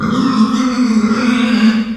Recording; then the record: squeal of a Yucatan mini pig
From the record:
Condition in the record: after surgery on the right vocal fold (resection and tissue-engineered implant); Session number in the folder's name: 14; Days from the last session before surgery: 133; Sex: female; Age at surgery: 19 weeks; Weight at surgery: 25 kg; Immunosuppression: prednisolone